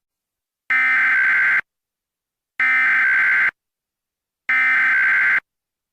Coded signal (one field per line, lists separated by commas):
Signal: Emergency Alert System (SAME) tones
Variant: header bursts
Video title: “Yellowhammer’s Nightmare” EAS Scenario